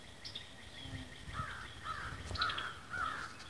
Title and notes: American Crow by Christie Mullen